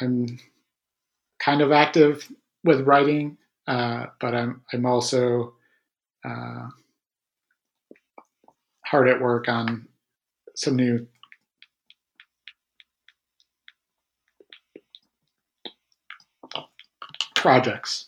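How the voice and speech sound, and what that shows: An adult man who has stuttered since youth, and who has had avoidance-reduction therapy, speaks haltingly. He repeats a word ("I'm, I'm"), draws out "uh" fillers and stretches "new." Before "projects" comes a silent block of about six seconds with faint clicks. These repetitions, prolongations and blocks are typical of stuttering.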